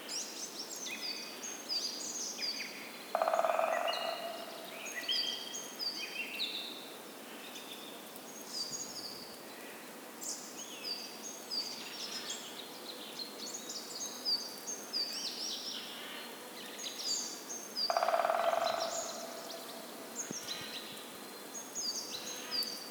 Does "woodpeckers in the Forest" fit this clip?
yes